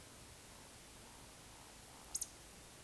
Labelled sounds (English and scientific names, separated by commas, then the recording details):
Eurasian Woodcock (Scolopax rusticola) whistle, Eurasian Woodcock (Scolopax rusticola) croak
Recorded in Baden-Württemberg, Germany, on 31 May 2021 at 20:06 UTC
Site 24606, 635 m above sea level